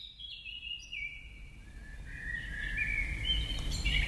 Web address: selborne audio blackcap freesound